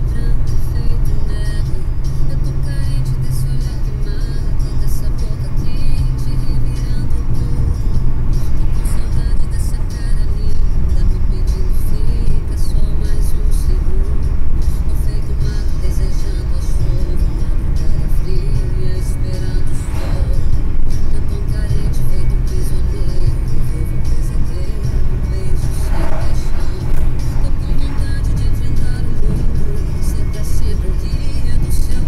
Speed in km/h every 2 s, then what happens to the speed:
92, 90, 92, 96, 97, 97, 99, 100, 98, 96, 97, 97, 96, 95, 98, 101.
0-13 speeds up to 100. 13-32 steady at about 97.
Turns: none.